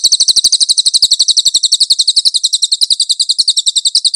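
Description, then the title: Cililin giving a continuous high-pitched trill of fast, evenly spaced buzzy notes throughout; nothing else audible. "SUARA BURUNG CILILIN"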